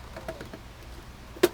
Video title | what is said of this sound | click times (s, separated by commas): Chrome accents for Sprinter vans. Installed the right way. | There you go. That's the sound you want to hear, that snap sound. | 1.4 s